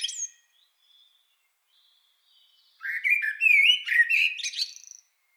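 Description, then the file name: Common blackbird gives a brief high squeak, a pause with faint notes, then a loud fluted warble mixed with high squeaky notes. "Turdus merula"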